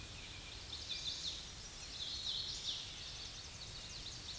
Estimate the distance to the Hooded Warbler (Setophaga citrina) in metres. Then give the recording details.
about 40 m. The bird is about 10 m above the microphone. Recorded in a Pennsylvania forest on 16 May 2024 at 07:23. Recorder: AudioMoth, point MSD-2456. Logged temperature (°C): 16.4 °C. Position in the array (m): 162 m, 118 m